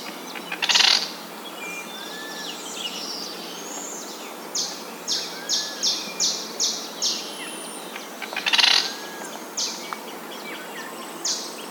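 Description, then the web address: Slaty elaenia song: a harsh, buzzy burst, then a run of about seven short high notes, another buzzy burst and a few more notes, over steady hiss. "cantos fiofioplomizo"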